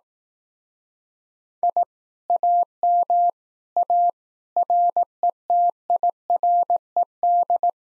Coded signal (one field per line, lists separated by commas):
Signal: Morse code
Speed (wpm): 18 wpm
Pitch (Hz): 700 Hz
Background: none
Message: I AM A RETIRED